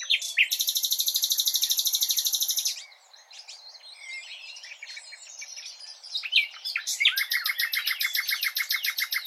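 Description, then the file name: Common nightingale song: a fast, rhythmic rattle of repeated notes, a soft pause with faint twitters, then another loud, rapid repeated-note series. "Luscinia megarhynchos"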